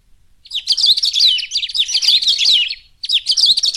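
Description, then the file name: Saffron-billed sparrow delivering a continuous, rapid warbling phrase of squeaky, tumbling notes, briefly stopping before starting again. "canto do batuqueiro"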